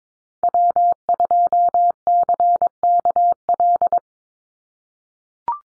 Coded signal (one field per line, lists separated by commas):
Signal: Morse code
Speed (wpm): 22 wpm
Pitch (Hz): 700 Hz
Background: none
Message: W2CKL